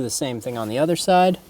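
Someone talks while the plastic upper steering column trim cover of a 2005-2015 Toyota Tacoma is handled onto the lower cover, ready to snap the other side together. Nothing has seated or clicked yet.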